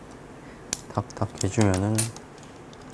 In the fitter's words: 이거는 이런데 이제 넣어 가지고 이렇게 탁탁